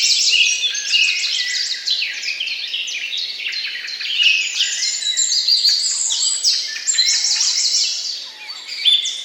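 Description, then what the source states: Birds sing overlapping high, rapid trills and tweets without pause, with a few lower whistled slurs. Morning bird songs.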